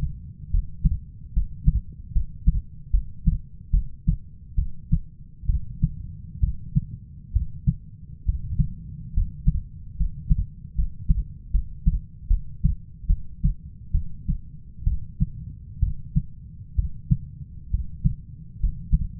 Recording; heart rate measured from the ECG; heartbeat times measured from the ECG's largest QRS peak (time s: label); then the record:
heart sounds by stethoscope; 70 bpm
0.51 s: heartbeat
1.33 s: heartbeat
2.12 s: heartbeat
2.91 s: heartbeat
3.71 s: heartbeat
4.55 s: heartbeat
5.46 s: heartbeat
6.40 s: heartbeat
7.33 s: heartbeat
8.25 s: heartbeat
9.14 s: heartbeat
9.97 s: heartbeat
10.75 s: heartbeat
11.51 s: heartbeat
12.28 s: heartbeat
13.07 s: heartbeat
13.92 s: heartbeat
14.84 s: heartbeat
15.80 s: heartbeat
16.75 s: heartbeat
17.71 s: heartbeat
18.60 s: heartbeat
From the record:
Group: healthy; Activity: rest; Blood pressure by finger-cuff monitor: 139/67 mmHg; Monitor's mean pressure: 88 mmHg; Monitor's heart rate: 69 bpm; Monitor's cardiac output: 6.3 L/min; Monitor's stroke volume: 89 mL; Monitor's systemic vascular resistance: 1000 dyn s/cm5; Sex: female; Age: 37 years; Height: 168 cm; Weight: 70 kg